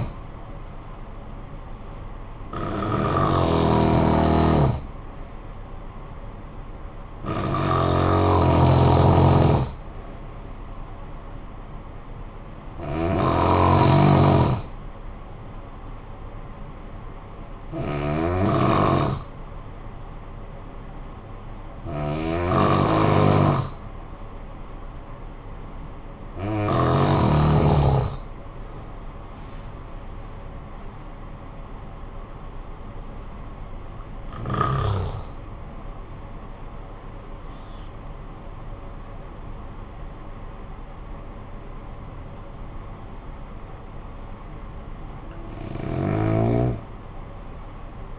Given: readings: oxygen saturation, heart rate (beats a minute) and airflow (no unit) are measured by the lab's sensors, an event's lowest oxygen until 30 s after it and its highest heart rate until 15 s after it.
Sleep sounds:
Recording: breathing in sleep by a smartphone at the bedside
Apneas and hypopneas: 1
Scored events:
18.00-29.60 s: hypopnea (N2, oxygen 93% highest, then 93% lowest, heart rate 54 at the start, 72 highest)
44.00-48.19 s: new sleep stage, N1 (lightest sleep)
From the record:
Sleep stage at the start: N2 (light sleep)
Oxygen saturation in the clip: 90 to 93%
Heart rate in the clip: 52 to 72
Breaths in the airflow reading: 10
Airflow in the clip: -11.0 to 13.9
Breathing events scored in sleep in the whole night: 445 in 7.6 hours asleep

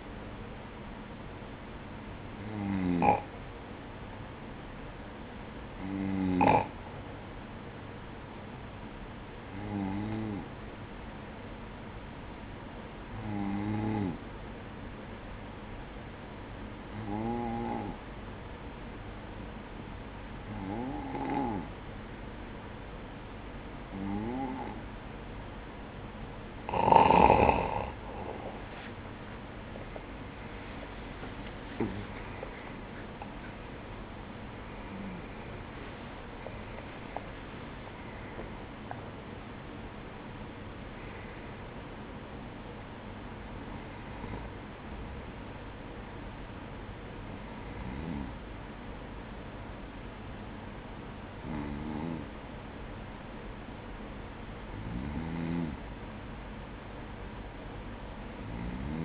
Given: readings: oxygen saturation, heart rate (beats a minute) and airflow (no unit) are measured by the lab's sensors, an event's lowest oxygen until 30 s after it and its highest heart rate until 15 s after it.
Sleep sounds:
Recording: breathing in sleep by a voice recorder at the bedside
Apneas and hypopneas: 1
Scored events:
3.00-32.10 s: hypopnea (N1, oxygen 96% highest, then 93% lowest, heart rate 56 at the start, 71 highest)
58.00-59.05 s: new sleep stage, N2 (light sleep)
From the record:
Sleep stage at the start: N1 (lightest sleep)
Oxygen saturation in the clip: 92 to 96%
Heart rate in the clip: 54 to 71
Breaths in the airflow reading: 17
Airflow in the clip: -11.5 to 10.8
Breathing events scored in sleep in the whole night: 180 in 6.7 hours asleep

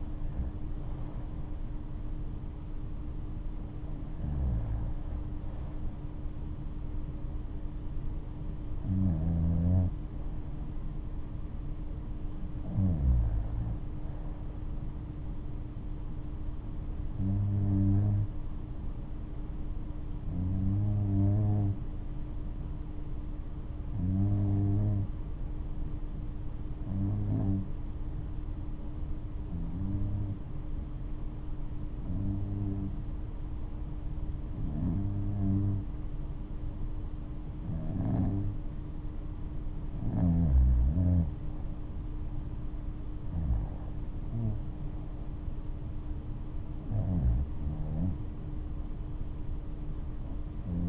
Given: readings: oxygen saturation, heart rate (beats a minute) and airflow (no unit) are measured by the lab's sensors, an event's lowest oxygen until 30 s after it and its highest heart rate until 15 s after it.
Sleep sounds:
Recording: breathing in sleep by a smartphone at the bedside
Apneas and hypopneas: 1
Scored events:
20.00-42.30 s: hypopnea (REM, oxygen 96% highest, then 91% lowest, heart rate 70 at the start, 73 highest)
From the record:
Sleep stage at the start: REM sleep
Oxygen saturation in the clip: 93 to 96%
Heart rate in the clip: 64 to 73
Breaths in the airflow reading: 15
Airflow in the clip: -8.8 to 8.7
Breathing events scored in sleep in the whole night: 228 in 5.4 hours asleep

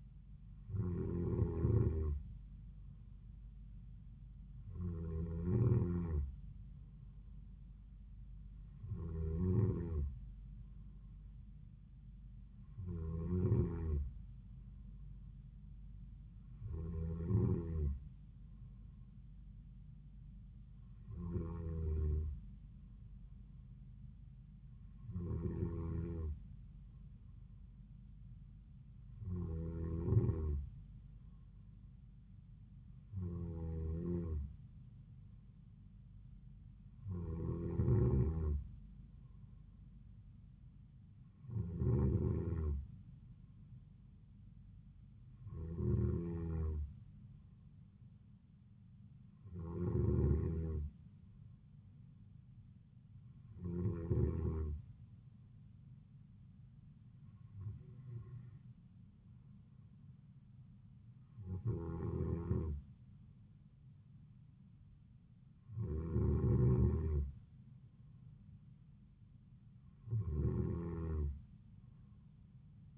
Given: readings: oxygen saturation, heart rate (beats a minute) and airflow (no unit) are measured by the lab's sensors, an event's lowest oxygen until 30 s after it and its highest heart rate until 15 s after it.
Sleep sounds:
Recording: breathing in sleep by a smartphone at the bedside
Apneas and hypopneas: none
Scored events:
none scored
From the record:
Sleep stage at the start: N2 (light sleep)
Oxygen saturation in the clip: 93 to 94%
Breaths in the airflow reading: 18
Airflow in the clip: -3.9 to 3.3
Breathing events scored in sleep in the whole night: 270 in 6.1 hours asleep

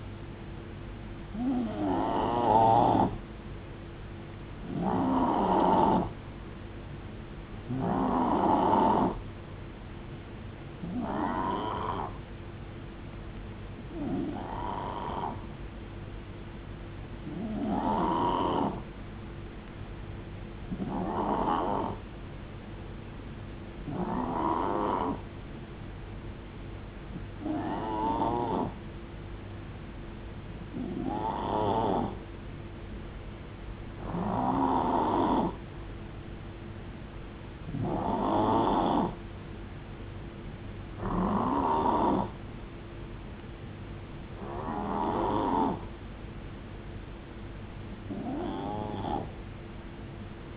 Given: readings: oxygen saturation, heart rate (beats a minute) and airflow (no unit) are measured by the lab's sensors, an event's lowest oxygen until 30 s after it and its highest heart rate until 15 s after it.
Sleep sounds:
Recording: breathing in sleep by a voice recorder at the bedside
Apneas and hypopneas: 1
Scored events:
11.00-22.10 s: hypopnea (N2, oxygen 91% highest, then 88% lowest, heart rate 58 at the start, 72 highest)
37.00-50.57 s: new sleep stage, N3 (deep sleep)
From the record:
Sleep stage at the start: N2 (light sleep)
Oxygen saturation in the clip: 88 to 91%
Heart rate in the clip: 57 to 72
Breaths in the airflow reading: 17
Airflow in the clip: -9.1 to 6.6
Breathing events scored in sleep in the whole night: 389 in 6.3 hours asleep

